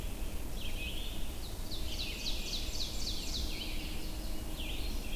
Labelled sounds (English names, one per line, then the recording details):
Ovenbird song
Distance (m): 70 m
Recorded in boreal forest in Alberta, Canada, on 22 June 2016 at 07:49
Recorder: SongMeter 3, array SBT-6-76
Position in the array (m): 154 m, 121 m
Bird 3